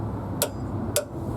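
A click-type torque wrench final-tightens a steel engine mount bolt on a 2005–2014 Ford Mustang V6 after the bolts were first run up with an impact gun. Two sharp clicks sound at 0.4 s and 1.0 s over a low background hum. Each click shows the wrench reaching its torque setting.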